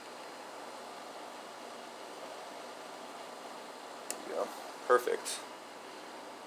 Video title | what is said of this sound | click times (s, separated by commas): How To Fix A Dead 1/4 in Input Jack Ampeg PF-500 Bass Amplifier Repair! | not sure if you heard a little snap there but there was a little snap so | 4.1 s